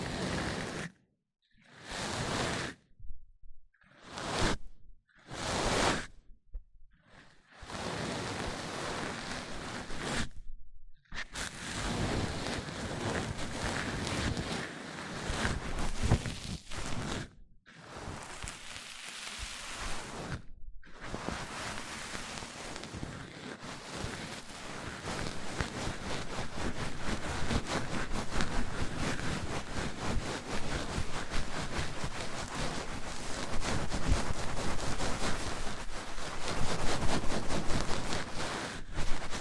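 Mic-on-mic triggers begin as short bursts of rough scratching and rubbing, broken by sharp silent gaps. After about twenty seconds the handling runs unbroken, a dense, crackly rustle across low and bright tones, growing slightly louder toward the end.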